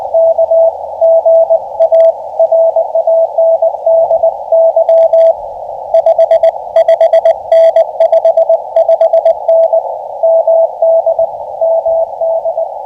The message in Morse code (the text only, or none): K GA RANDY 55N 55N MD MD